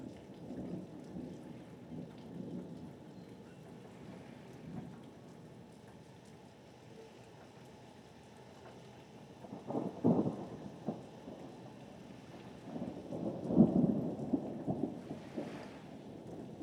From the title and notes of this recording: Martha's Vineyard Thunderstorm and Harbor Waves... Ambience.